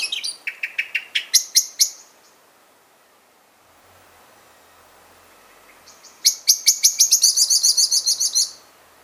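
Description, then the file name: Common blackbird sharp chinks in a fast run, a quiet pause, then another burst becoming a rapid rattling chatter. "Turdus merula"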